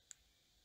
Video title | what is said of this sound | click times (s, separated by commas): Game Boy Micro: Tutorial - USB Type-C Mod! Updated Design! | You'll see here in a second that the spikes will click into place, which they have. | 0.1 s